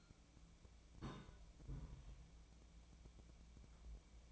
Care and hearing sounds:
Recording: daily activity, microphone in the room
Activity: place on stove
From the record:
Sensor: 1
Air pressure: 1000.0 hPa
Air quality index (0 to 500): 134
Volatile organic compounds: 2 ppm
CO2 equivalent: 1264 ppm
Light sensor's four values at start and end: 42/107/45/56 and 43/108/45/57

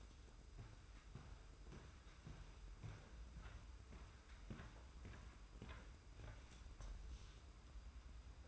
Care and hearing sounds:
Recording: daily activity, microphone in the room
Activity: walk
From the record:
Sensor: 2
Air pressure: 990.6 hPa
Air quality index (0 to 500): 180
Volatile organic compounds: 1000 ppm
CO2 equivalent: 5710 ppm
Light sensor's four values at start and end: 27/65/26/26 and 28/66/27/27

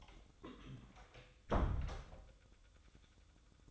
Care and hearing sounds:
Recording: daily activity, microphone in the room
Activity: close door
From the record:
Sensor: 3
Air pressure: 1004.9 hPa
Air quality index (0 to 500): 76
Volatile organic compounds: 2 ppm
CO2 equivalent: 1136 ppm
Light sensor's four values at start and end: 8/19/8/7 and 8/19/8/7

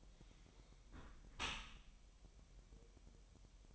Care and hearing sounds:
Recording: daily activity, microphone in the room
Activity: close dishwasher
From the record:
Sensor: 1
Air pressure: 1000.4 hPa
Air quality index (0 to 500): 247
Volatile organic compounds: 142 ppm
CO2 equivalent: 3988 ppm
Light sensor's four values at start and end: 11/27/11/12 and 11/27/11/12

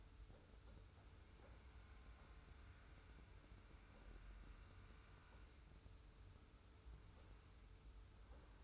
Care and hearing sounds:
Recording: daily activity, microphone in the room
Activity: wipe stove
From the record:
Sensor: 2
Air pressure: 991.3 hPa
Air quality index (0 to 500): 151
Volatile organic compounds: 456 ppm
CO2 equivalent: 4759 ppm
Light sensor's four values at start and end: 39/111/44/42 and 39/111/44/42

